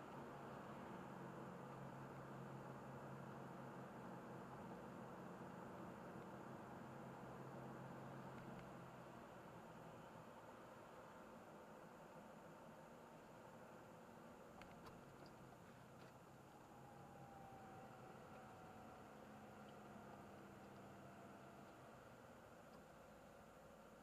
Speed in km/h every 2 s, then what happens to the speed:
50, 50, 49, 49, 44, 43, 41, 36, 33, 32, 28, 24.
0-7 steady at about 49. 7-24 slows to 24.